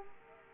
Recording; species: mosquito wingbeat signal from an infrared sensor; Culex quinquefasciatus